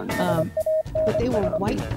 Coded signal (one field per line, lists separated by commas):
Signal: Morse code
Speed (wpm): 25 wpm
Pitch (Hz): 630 Hz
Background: speech, music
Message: SANS